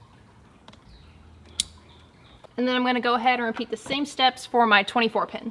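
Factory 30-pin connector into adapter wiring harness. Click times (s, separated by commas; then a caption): 1.6 s. On a JBL-equipped 2018–2024 Toyota Camry audio system being fitted with a subwoofer, the factory 30-pin plug removed from the factory amplifier is pushed into the other end of the 30-pin adapter wiring harness. After faint handling noise, one very sharp, loud, fast-decaying click at 1.6 s shows the plug has seated. Someone then talks.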